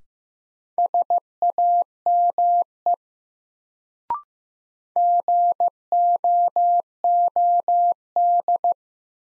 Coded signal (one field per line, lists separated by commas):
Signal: Morse code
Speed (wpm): 15 wpm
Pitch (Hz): 700 Hz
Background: none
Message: SAME GOOD